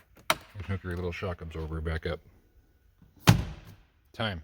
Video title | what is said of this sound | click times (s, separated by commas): Cabin air filter - EASY - '17-up Subaru Impreza / '18-up Subaru Crosstrek | put it up until it snaps | 0.3 s